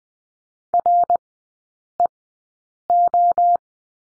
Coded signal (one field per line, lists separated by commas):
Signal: Morse code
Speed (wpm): 20 wpm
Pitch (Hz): 700 Hz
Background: none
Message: REO